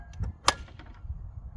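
A part is slid into the body of a Greenworks 60V 17-inch lawn mower and pressed with a little pressure while the front of the mower is held. After faint handling noises, a loud, sharp snap at 0.5 s marks the part snapping firmly into place. A softer tap follows at 0.8 s.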